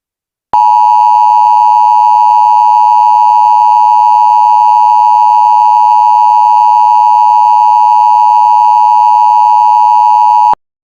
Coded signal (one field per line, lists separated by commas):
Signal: Emergency Alert System (SAME) tones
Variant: 853 and 960 Hz attention tone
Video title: EAS Winter Storm Warning in Wisconsin